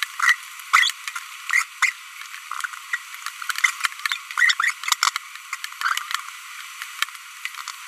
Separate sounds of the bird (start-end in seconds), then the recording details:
0.20-0.35, 0.74-0.90, 1.16-1.19, 1.50-1.64, 1.82-1.92, 4.38-4.54, 4.60-4.71. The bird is a female. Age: 23 days. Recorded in a nest box in Venezuela. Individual 17B42B2